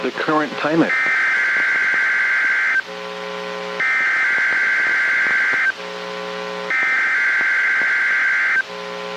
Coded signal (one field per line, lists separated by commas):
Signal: Emergency Alert System (SAME) tones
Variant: header bursts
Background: speech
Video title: Winter Storm Warning for My Area (EAS Alerts: #404) - 1/09/25